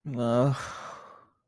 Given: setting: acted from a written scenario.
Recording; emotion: vocal sound without words; guilt